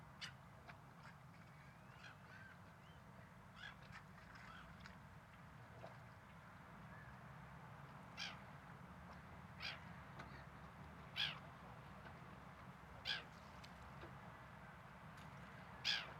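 Seagulls call in short, harsh cries, scattered at first and then repeating every second or two in the latter half, the loudest near the end. Underneath runs a steady low rumble, like traffic or wind, filling the whole clip.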